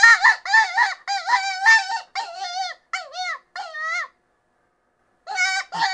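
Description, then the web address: Cottontail rabbit giving a quick run of several wavering squeals, then a pause of over a second before more squeals. Distress call of a cottontail rabbit. "Rabbit 063-Cottontail. Distress"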